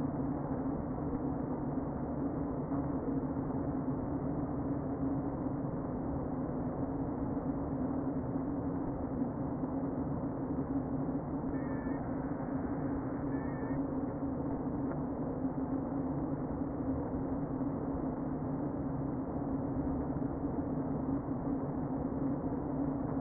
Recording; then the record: honeybee colony, microphone inside the hive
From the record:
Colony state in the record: queen present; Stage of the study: before two queens were removed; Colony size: about 60,000 bees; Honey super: yes